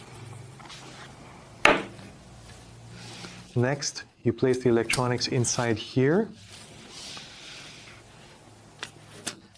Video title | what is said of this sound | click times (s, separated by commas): Mini smartkey housing replacement | And when you hear the click, it's open. | 1.7 s